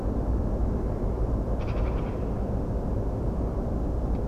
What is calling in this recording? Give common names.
Eurasian Magpie